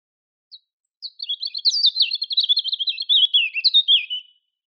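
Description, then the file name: European robin singing a continuous high, thin warbling phrase of quick tumbling notes that wobble up and down, lasting about three seconds. "Erithacus rubecula"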